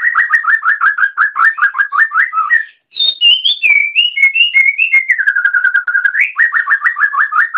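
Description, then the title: Oriental magpie-robin singing rapid repeated two-note phrases, then after a short pause higher clear whistles that step downward, ending in another quick run of repeated notes. Magpie-robin chirping. "Kicau Kacer"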